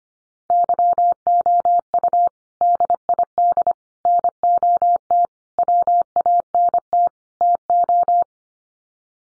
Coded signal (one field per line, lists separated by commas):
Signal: Morse code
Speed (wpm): 25 wpm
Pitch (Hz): 700 Hz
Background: none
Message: YOU DID NOT WANT TO